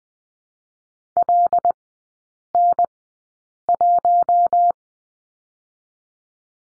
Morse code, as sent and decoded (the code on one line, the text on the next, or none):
.-.. -. .----
LN1